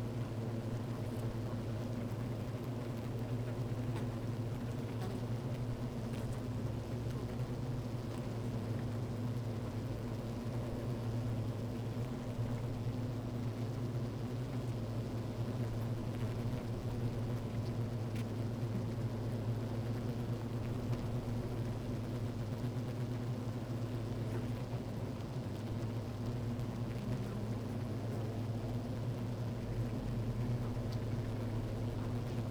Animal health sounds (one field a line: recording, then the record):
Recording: honeybee colony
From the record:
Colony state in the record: active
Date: 28 July 2017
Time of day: 12:56